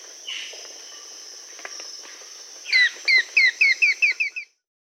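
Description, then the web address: Johann's tody-tyrant sings a fast series of sharp, clipped notes lasting under two seconds, over a steady high hum. Recorded in South America. "Natures Songs S America Johann's Tody-Tyrant"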